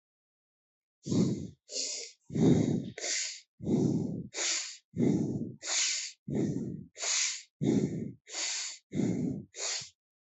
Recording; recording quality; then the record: shallow breathing; excellent, no background noise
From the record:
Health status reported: healthy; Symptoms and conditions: none ticked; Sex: male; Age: 35 years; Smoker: not ticked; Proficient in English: yes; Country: India